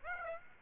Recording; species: mosquito wingbeat signal from an infrared sensor; Aedes aegypti